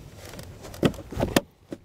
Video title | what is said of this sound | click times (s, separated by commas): etrailer - K-Source Snap and Zap Driver and Passenger Towing Mirrors Installation - 2021 Ram 1500 | And there we go. Now it's locked into place. | 1.4 s